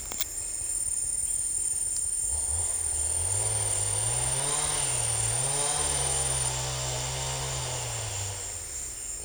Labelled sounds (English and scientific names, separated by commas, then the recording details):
none
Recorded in secondary vegetation near Puerto Asís, Putumayo, Colombia, on 26 December 2024 at 14:30
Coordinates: 0.484, -76.319
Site GP06